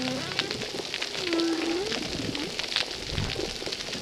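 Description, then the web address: Humpback whale song: a short low moan, then a longer tone that ends in an upsweep, with faint later units, over steady underwater crackling. Humpback whales recorded at a reef site called Recif 10; recording filtered. "Brigitte RECIFS Recif 10 Humpback Whales"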